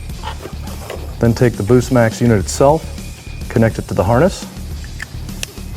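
A single-position power connector, run from the battery, is pushed into the plastic connector on the BoostMAX add-on boost module wiring harness during an install on a 2019 F150 2.7L EcoBoost. It clicks in at 0.9 s and seats, while someone talks.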